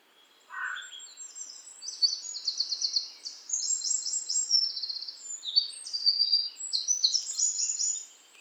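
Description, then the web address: Birdsong: a short lower note, then a long run of high, buzzy trilled phrases over soft background hiss. "voices-of-nature birds nature-sound"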